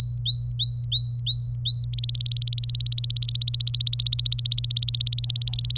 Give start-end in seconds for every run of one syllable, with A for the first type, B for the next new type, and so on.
0.00-1.85 A, 1.94-5.77 B